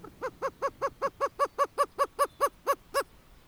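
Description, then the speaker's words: Greater Roadrunner call: about fourteen hollow, low hoots in a steady series. US species of roadrunner, closely related to the cuckoos. "That's the call of the greater roadrunner."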